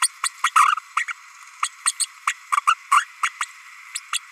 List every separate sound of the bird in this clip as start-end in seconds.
0.01-0.08, 0.23-0.29, 0.43-0.51, 0.55-0.75, 0.96-1.05, 1.07-1.13, 1.62-1.69, 1.85-1.92, 2.00-2.07, 2.27-2.33, 2.52-2.57, 2.67-2.74, 2.91-3.05, 3.22-3.30, 3.40-3.45, 3.94-4.00, 4.12-4.19